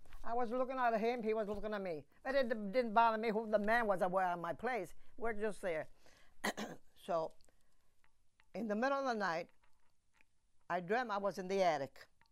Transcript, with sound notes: I was looking at him, and he was looking at me. But it didn't bother me who the man was at my place. We're just there. (Coughs) So in the middle of the night I dreamt I was in the attic,